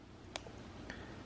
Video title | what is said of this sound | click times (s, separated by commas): How to set up or adjust the complications on a Rolex Daytona Watch? | you hear that click sound and you can adjust your time like this | 0.4 s, 0.9 s